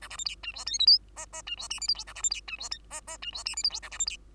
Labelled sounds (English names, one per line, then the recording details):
Bengalese Finch song
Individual Bird2